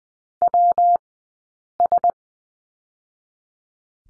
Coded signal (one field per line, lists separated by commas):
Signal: Morse code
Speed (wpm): 20 wpm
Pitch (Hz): 700 Hz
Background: none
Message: WS